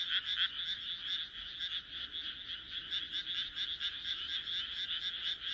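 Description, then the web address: Frog croaking in rattling pulses that swell and fade in quick waves, without a gap. "kaeru kaeru"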